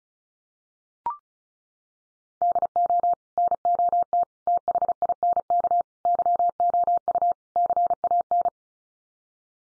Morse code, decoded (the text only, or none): DO NOT THINK YOU CAN